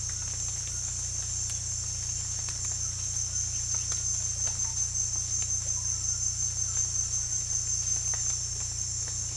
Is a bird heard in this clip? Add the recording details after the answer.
no. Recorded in dense forest near Puerto Asís, Putumayo, Colombia, on 16 December 2024 at 17:30. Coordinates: 0.467, -76.328. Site GP05